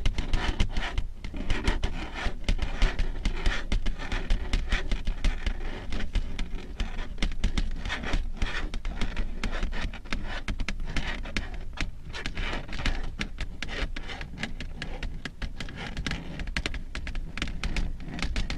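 Long fingernails tap and scratch without pause, making a dense stream of crisp clicks layered over a rough, rasping scrape. The level holds steady for the whole stretch, with occasional sharper taps standing out and a soft low rumble underneath.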